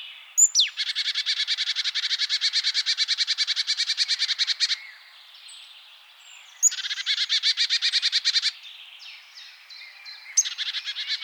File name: Poecile palustris